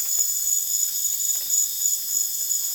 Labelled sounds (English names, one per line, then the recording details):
none
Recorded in dense forest near Puerto Asís, Putumayo, Colombia, on 24 June 2025 at 21:00
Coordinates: 0.484, -76.325
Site H65